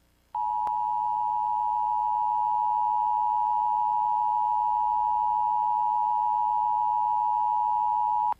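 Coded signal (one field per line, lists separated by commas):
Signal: Emergency Alert System (SAME) tones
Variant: 853 and 960 Hz attention tone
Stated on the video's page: Animated EAS alarms.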